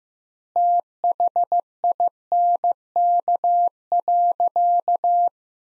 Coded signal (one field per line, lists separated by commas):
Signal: Morse code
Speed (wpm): 15 wpm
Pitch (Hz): 700 Hz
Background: none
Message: THINK.